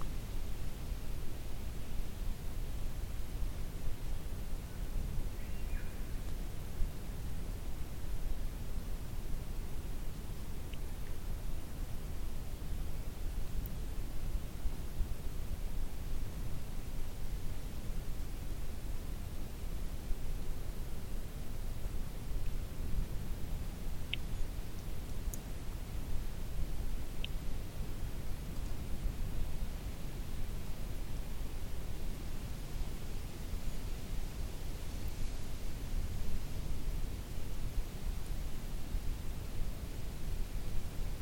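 Outdoor ambience at a forest lookout, dominated by a steady, dense low rumble like wind buffeting the microphone, unchanging for the whole stretch. A few faint, brief high ticks and chirps, perhaps birds, break through now and then, around 6, 11, 24 and 27 seconds.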